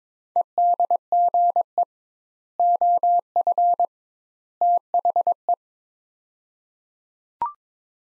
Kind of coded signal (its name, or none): Morse code